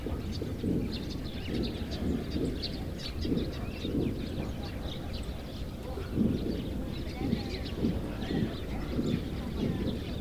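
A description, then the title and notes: Birds chatter through the whole stretch, a steady crowd of short high chirps and calls with no clear pauses. Underneath runs a dense low rumble of far-off crowd noise and murmur, rising and falling in soft surges every second or so. Somber morning. Birds wake, chatter. Distant celebration.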